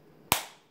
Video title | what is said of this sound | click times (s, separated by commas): iPhone 7 Plus ESeekGo Armor Case Review! | that's a satis that's the click you're looking for when you're actually looking for putting on the case this case fits amazing fits | 0.3 s